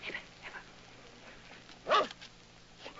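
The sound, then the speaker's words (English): A dog, Benny, gives one sharp, loud bark-like yelp near the end, preceded by a few faint, high whimpering sounds over a quiet background hiss. “그런 남편이 미우니 그가 유난히 예뻐하는 개 베니까지도 미울 수밖에요.”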